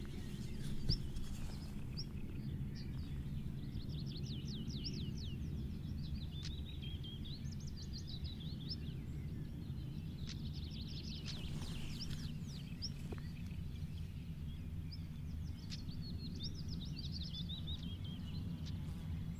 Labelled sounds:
European Stonechat (Saxicola rubicola) call
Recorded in the wild
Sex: pair
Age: adult
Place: Hobrechtsfelder Rieselfelder, Naturpark Barnim, Brandenburg, DE
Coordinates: 52.6667, 13.4722
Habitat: ruderal area
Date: 2008-05-12
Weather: clear, ca. 15°C, no wind
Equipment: Sound Devices 702, Sennheiser MKH 70, Windkorb
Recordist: Frommolt, Karl-Heinz

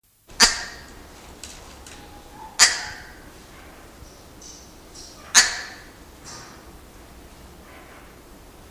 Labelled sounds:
Double-toothed Barbet (Lybius bidentatus) call
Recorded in captivity
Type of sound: call
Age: adult
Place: Zoo Berlin, Berlin, DE
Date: 2001-11-15 14:17
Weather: leicht bewölkt, 2 - 4°C
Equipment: Marantz CP 130, Sennheiser MKH 416, Kopie Uher 4000 Report Monitor
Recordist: Tembrock, Günter
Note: Kurzlautfolge, Entfernung ca. 2 m; wohl allein gehalten

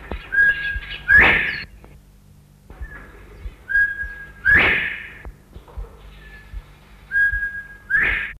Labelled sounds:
Northern Bobwhite (Colinus virginianus) call
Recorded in captivity
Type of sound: call
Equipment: Halbspur, 9,5 cm/s
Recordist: Lütgens, Hans
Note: Zoo: Rufe

